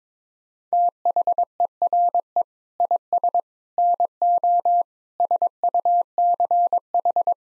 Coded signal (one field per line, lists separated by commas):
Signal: Morse code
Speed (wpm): 21 wpm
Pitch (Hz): 700 Hz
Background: none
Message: THERE IS NO SUCH